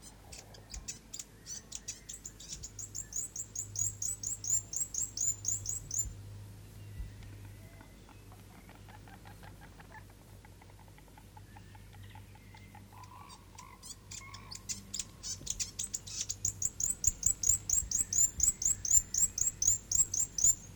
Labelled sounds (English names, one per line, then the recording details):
New Zealand Fantail
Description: Fantail: South Island fantail
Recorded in New Zealand